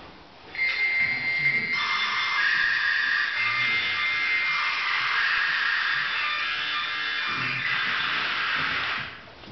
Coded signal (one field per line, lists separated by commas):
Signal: dial-up modem handshake